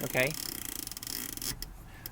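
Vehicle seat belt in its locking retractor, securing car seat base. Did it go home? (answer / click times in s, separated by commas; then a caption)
yes / 0.6 s, 0.8 s, 0.9 s, 1.1 s, 1.4 s, 1.6 s. A vehicle seat belt securing a rear-facing Chicco KeyFit 30 car seat base is pulled fully out and then fed back into its retractor. Someone talks briefly at the start, then ratcheting clicks are heard at 0.7, 0.8, 0.9, 1.2, 1.4 and 1.6 seconds as the retractor switches to locking mode. The belt locks and holds the base nice and secure.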